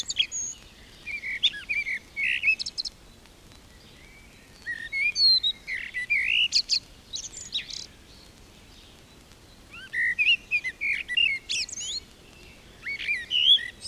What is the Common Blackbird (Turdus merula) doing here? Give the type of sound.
song